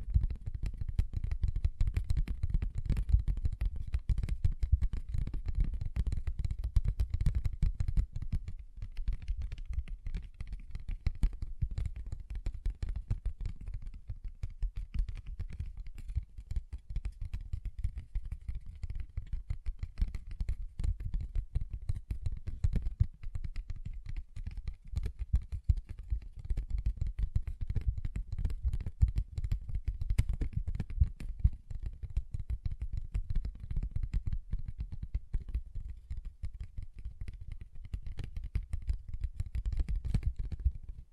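Fingers tap and scratch on a paper bag in rapid, dense clusters of dry clicks and rustles, steady for the whole span. A low rumble sits underneath, heavier at the start and near the end.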